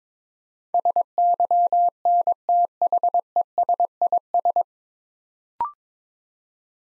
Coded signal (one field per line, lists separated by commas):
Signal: Morse code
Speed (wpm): 22 wpm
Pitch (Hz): 700 Hz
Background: none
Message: SYNTHESIS